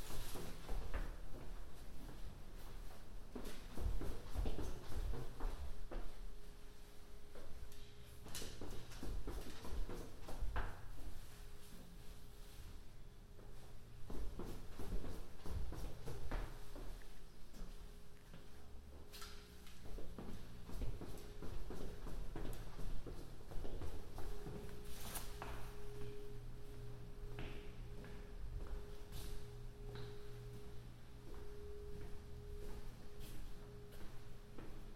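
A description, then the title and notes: A walk along Broadway on a rainy night, with a steady low rumble of traffic and gusts of wind underneath. Sharp clicks and taps come every few seconds, and a thin steady tone hums in and out from around the sixth second onward. A binaural field recording, walking up Broadway to the store and back. It was a rainy night, I had an umbrella, but there still is some wind noise in this recording.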